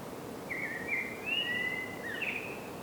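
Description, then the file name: Common blackbird song: one warbled phrase of linked whistled notes, with a soft hiss behind. "Turdus merula"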